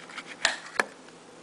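The spring winder knob on a pinned metal M31 Suomi drum magazine is turned a bit further and clicks into its detent position, seating. Two sharp, bright clicks are heard at 0.5 s and 0.8 s, followed by a much fainter tick near 1.1 s against a quiet background.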